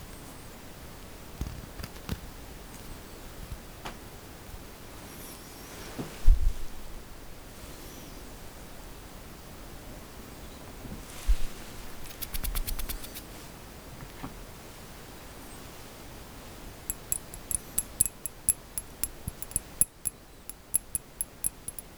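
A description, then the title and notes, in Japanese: Small clicks and taps from paper clips on fingernails come quiet over a faint hiss. Isolated taps land early, a louder knock near six seconds and a crisp burst around twelve, then quick, bright ticking clusters fill the last five seconds. クリップの音と指のタッピング。Tapping with Paper Clip Nails。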